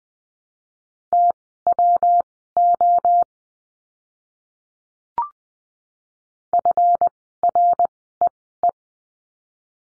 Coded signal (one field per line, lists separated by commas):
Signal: Morse code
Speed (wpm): 20 wpm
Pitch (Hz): 700 Hz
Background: none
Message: TWO FREE